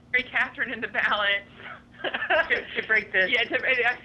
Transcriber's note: laughter